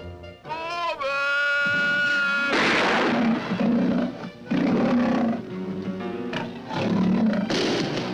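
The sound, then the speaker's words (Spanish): A huge, hungry bear roars loudly for several seconds, opening with a long, tonal bellow that slides in pitch, then breaking into rough, growling bursts that rise and fall without pause. “¡Qué barbaridad! Un oso gigantesco y hambriento.”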